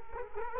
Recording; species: mosquito wingbeat signal from an infrared sensor; Culex quinquefasciatus